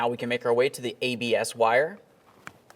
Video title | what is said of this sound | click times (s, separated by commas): How to Replace CV Axle Assembly 2005-2010 Dodge Dakota | press that in listen for a click make sure it's secured together | 2.5 s